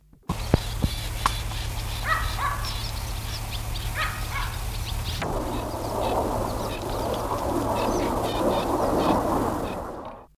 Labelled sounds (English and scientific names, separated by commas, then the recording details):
Marsh Warbler (Acrocephalus palustris) call
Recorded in the wild
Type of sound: call
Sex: group
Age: subadult
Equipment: Halbspur, 9,5 cm/s
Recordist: Lütgens, Hans
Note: Flügge Junge